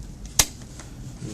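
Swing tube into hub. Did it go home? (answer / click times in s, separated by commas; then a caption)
yes / 0.4 s. A plastic/metal tube with a spring push-button on a Graco Lovin Hug Swing is pressed in and inserted into the swing's hub. There are faint ticks around 0.3 s and 0.8 s, and a sharp, bright click at 0.4 s as the tube seats in the hub. It is then given a tug to confirm it is connected.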